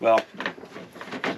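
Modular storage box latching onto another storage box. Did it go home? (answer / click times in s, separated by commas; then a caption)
yes / 1.0 s, 1.2 s. A Ryobi Link plastic modular stacking tool box is set on top of a lower box, which is full of gear, and pressed down while its button is pressed so the latch locks it in place. Someone talks at the start, then sharp clicks are heard at 1.0 s and 1.2 s. The box is seated, locked on securely and not going anywhere.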